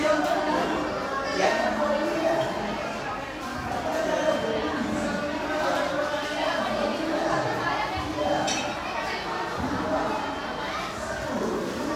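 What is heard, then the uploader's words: Cafe chatter fills the whole stretch, many overlapping voices forming a steady, dense murmur. Brief clinks of dishes and cutlery cut through now and then, around the first two seconds, near four seconds and again about eight and a half seconds in. Phone recording [15]: Cafe.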